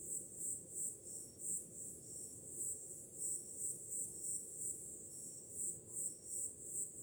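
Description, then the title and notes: Crickets giving high pulsed chirps in uneven bursts, with a continuous low wash of waves beneath. On a summer night, with ocean sounds in the background. "Som do mar ao fundo, grilos e cigarras em uma noite de verão – Ocean, crickets and cicadas in a summer night"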